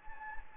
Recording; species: mosquito wingbeat signal from an infrared sensor; Anopheles gambiae